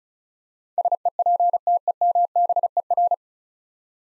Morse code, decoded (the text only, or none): SEPTEMBER